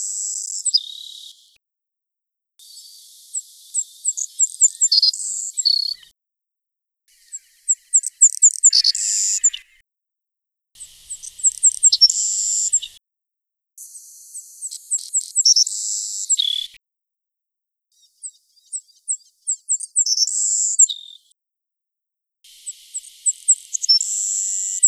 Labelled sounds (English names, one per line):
Savannah Sparrow song